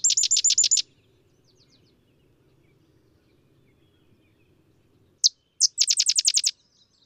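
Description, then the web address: Sedge wren singing: a dry, rapid rattle ends one song, then after a pause two sharp chips lead into another quick chatter. "Zoo Field Guide. Sedge Wren"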